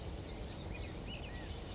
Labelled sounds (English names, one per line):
California Quail